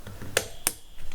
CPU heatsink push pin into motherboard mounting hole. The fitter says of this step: then you want to go to the opposite side and click that one down